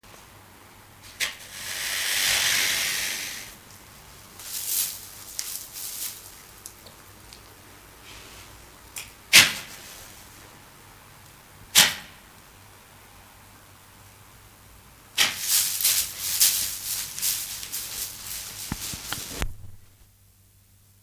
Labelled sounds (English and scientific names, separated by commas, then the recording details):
Roan Antelope (Hippotragus equinus) snorting
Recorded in captivity
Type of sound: snorting, call
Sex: male
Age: adult
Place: Zoo Rostock, Mecklenburg-Vorpommern, DE
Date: 1984-02-02 14:43
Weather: overcast, 2°C
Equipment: Nagra SN, Kopie Uher 4000 Report Monitor
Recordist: Tembrock, Günter
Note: Männchen: Schnaufen, Stoßlaute gegen Beobachter